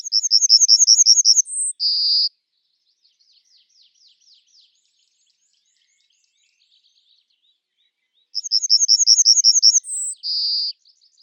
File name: yellowhammer emberiza citrinella